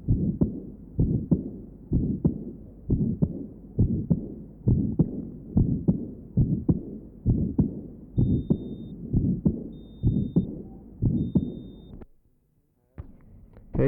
Patient with aortic stenosis and aortic insufficiency, recording taken from left sternal edge. Note the ejection systolic murmur and the long early diastolic murmur.